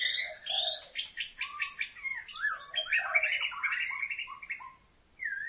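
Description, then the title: White-rumped shama singing a dense burst of warbled whistles and buzzy trills, pausing briefly before one final slurred note. "Kicau Murai Batu"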